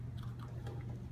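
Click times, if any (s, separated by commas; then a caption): none. A rail section of a Concept 2 indoor rower is handled into its front frame latch as the tilted-up front and rear frame halves are aligned and pushed together. A steady low hum runs under soft scraping and light taps, with a small tap near 0.4 s. Nothing has seated or clicked yet.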